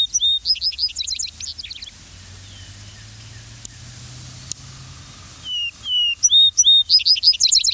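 Vesper sparrow singing twice: a tumbling series of fast trilled notes, then a quiet pause of a few seconds, then clear whistled introductory notes leading into another bright trill.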